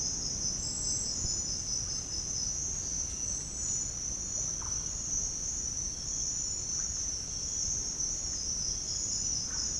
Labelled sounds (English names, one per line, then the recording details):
Russet-backed Oropendola
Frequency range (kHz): Russet-backed Oropendola 0.3-2.9 kHz
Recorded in dense forest near Puerto Asís, Putumayo, Colombia, on 29 June 2025 at 07:00
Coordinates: 0.481, -76.323
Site G072